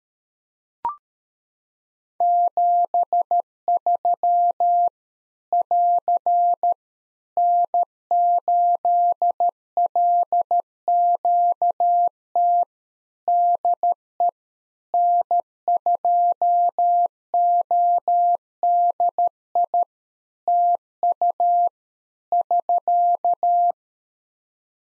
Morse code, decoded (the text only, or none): 73 <AR> N8LQT DE N2ODI TU <SK>